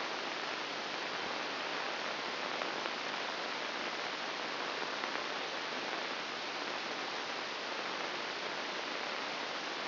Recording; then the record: brain microelectrode recording played as sound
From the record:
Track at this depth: inside the subthalamic nucleus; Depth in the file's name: 1.007 mm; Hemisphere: right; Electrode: 2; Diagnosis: Parkinson's disease